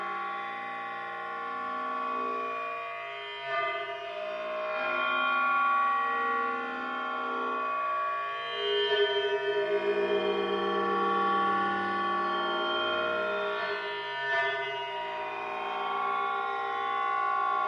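A repeating modular synth sequence drones through crumpled aluminium scrap metal, a dense, steady wash of many metallic tones, mostly in the middle and upper range. Swells recur every few seconds, around 4, 9 and 14 seconds, with a buzzing, wavering tone rising around nine seconds.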